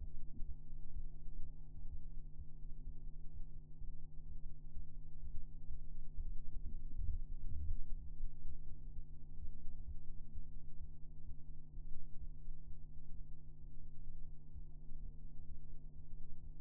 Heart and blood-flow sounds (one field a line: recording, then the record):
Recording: fetal heart sounds by stethoscope on the mother's abdomen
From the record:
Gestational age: 33 weeks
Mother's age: 21 years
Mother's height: 151 cm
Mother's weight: 51 kg